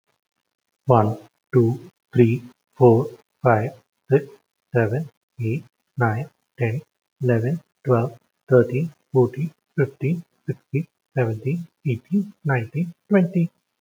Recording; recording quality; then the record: counting at a normal pace; excellent, no background noise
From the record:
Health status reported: healthy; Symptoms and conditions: none ticked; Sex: male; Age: 37 years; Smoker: yes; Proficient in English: yes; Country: India